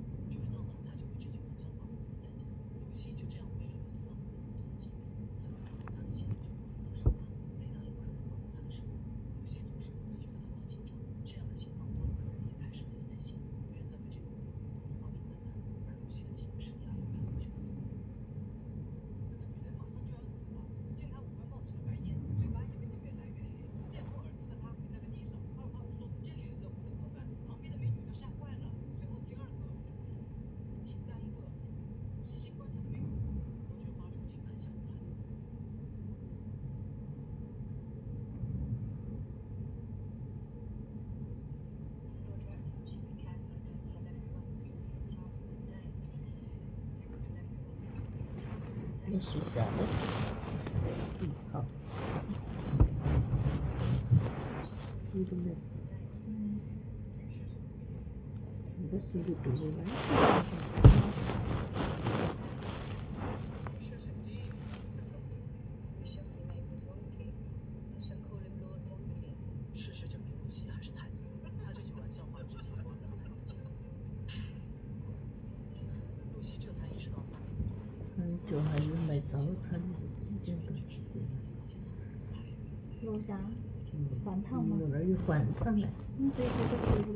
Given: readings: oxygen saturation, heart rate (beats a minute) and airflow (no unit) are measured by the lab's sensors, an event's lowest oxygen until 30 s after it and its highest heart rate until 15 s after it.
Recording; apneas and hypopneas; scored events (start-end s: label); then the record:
a person awake in a sleep study, by a smartphone at the bedside; none
0.00-87.16 s: awake
0.00-87.16 s: awake
From the record:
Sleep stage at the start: awake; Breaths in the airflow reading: 32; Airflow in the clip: -0.7 to 0.8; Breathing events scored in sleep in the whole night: 496 in 5.4 hours asleep